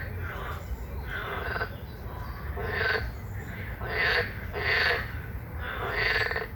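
Frog calling, a run of about six short, harsh, pulsed croaks at uneven intervals over a low background hum.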